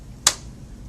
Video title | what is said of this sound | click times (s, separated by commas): Graco Love and Hug Swing - How To Asssemble - BabySecurity | and once you hear the two clicks we know it's assembled properly | 0.3 s